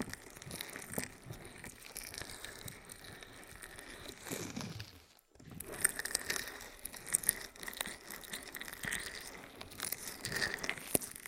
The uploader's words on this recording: ASMR Aloe Ear Massage For Deepest Sleep in Your Life (No Talking).